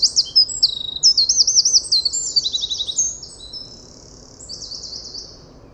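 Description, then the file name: Eurasian wren song: a fast, piercing cascade of high warbled notes and buzzy trills for about three seconds, fading into faint high trilling with gentle background noise. "Troglodytes troglodytes"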